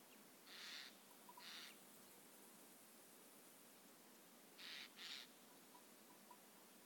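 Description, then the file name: Eurasian jay, hoarse tearing screeches in two pairs, the first pair early and the second about four seconds later, against a steady soft hiss. "Garrulus glandarius"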